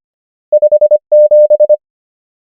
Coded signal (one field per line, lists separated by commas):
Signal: Morse code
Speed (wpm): 25 wpm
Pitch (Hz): 600 Hz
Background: none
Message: 5 7